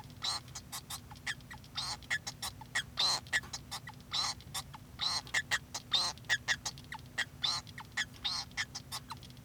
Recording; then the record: song of a male Bengalese finch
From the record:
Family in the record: son of father 2